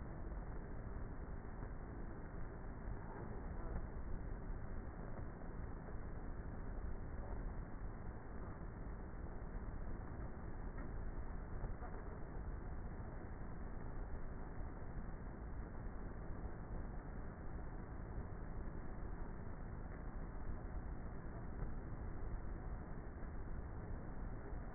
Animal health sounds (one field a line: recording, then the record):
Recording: honeybee colony, microphone inside the hive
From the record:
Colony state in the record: queenless with a low population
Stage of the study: before two queens were removed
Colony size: about 30,000 bees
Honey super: no